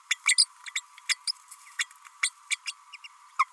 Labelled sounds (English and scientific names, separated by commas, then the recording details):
Green-rumped Parrotlet (Forpus passerinus) babbling
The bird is a female
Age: 31 days
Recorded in a nest box in Venezuela
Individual 17B32A5